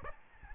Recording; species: mosquito wingbeat signal from an infrared sensor; Aedes albopictus